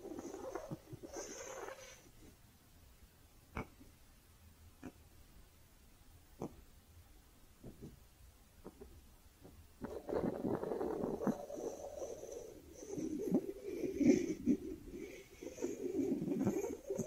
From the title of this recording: Cozy Brushing, Squishy Triggers